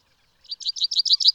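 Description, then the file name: Common chaffinch song opening: a quick run of bright repeated chirpy notes, cut off after about a second. "Fringilla coelebs"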